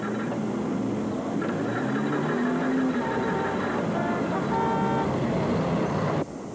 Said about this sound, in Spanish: ¡No me toques la bocina, maldito desconsiderado!